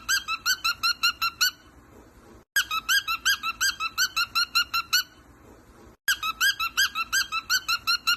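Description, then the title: Cockatiel song: bursts of rapid, squeaky, harmonic repeated notes, broken by short abrupt silences. Several cockatiels singing and whistling. "Calopsitas Cantando Assobio"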